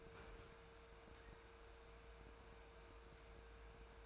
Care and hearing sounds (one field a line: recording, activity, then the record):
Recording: daily activity, microphone in the room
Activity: open fridge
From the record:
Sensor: 2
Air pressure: 1014.7 hPa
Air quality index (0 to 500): 190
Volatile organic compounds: 15 ppm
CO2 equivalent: 2516 ppm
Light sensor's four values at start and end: 9/22/9/9 and 9/22/9/9